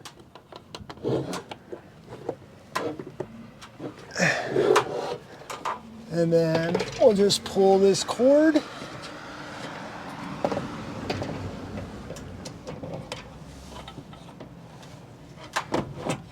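A power/data cable plug is being handled to go into a Starlink Gen 3 satellite dish on a van roof mount, with the cord being pulled through. Someone talks while short knocks, taps and rustling handling sounds occur throughout. Nothing has seated or clicked yet.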